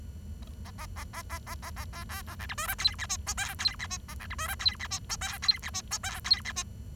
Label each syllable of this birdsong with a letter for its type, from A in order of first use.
A A A A A A A A B B A C D E F G H I J K G H I A C D E F G H I J K G H I J K G H I